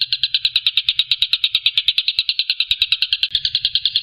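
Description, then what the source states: Stork-billed kingfisher producing a dry, rapid-fire rattle of harsh notes, evenly spaced throughout. Call style named tembakan, meaning shooting call.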